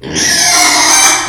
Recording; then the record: squeal of a Yucatan mini pig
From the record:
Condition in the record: before surgery on the right vocal fold (resection and tissue-engineered implant); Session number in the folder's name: 2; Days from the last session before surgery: 0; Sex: male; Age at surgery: 12 weeks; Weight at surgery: 13 kg